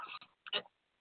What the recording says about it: I cough a little bit. It's a little harder for me to breathe, and that's because of the pneumonia. It takes a little bit of time for your lungs to get back to 100%.